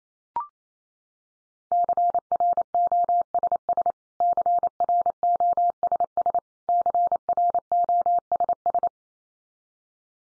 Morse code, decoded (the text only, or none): CROSS CROSS CROSS